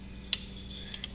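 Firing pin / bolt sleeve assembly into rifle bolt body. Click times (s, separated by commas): 0.3 s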